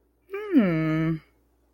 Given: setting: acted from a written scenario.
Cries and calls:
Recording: vocal sound without words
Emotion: interest

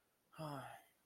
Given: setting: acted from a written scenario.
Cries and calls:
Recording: vocal sound without words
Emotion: guilt

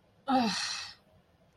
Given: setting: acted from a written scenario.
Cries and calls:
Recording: vocal sound without words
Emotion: anger

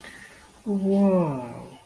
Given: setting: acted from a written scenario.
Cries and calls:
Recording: vocal sound without words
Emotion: awe

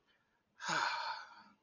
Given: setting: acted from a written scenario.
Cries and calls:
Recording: vocal sound without words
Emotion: serenity

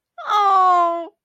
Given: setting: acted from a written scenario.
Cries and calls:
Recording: vocal sound without words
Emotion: disappointment

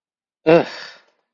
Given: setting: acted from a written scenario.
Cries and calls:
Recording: vocal sound without words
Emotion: contempt

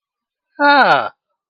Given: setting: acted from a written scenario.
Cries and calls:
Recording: vocal sound without words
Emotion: positive surprise

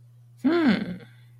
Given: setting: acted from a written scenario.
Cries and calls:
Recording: vocal sound without words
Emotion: interest

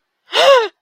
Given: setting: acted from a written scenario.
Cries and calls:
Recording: vocal sound without words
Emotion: negative surprise

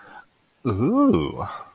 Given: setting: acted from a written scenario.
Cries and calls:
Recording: vocal sound without words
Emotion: desire

